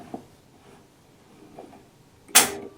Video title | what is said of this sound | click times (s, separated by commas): How to thread your Baby Lock Triumph for a 2 Thread Flatlock Narrow Stitch with Richard Tharp | You'll hear a loud click | 2.4 s